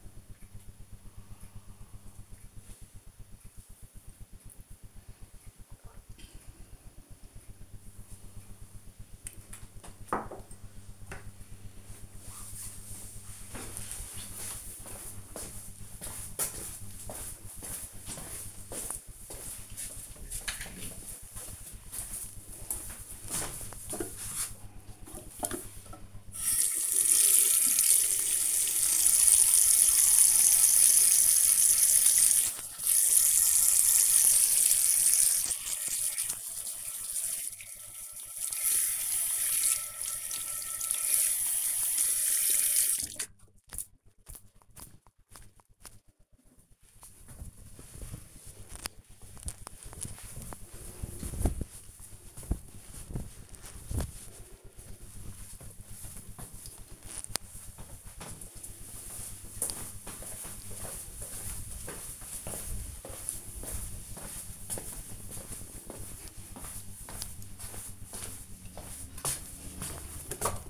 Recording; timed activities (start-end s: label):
household activities, microphone on the right wrist
0.00-8.90 s: drinking
24.01-46.14 s: washing hands
69.33-70.70 s: window cleaning